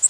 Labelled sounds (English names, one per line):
Magnolia Warbler flight call